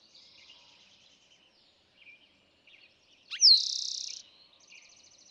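Eastern towhee song: one bright swept note dropping into a fast, buzzy trill lasting under a second, with soft twittering before and after.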